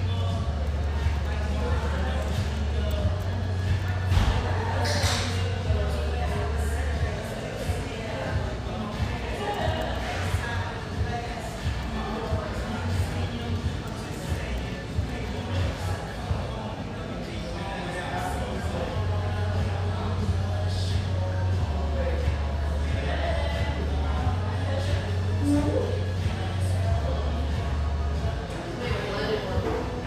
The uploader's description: musical, upbeat vibe of this café with a view, located in a high rise